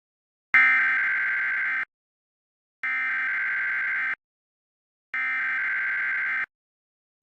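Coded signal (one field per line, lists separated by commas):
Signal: Emergency Alert System (SAME) tones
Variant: header bursts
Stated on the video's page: Fake EAS scenario.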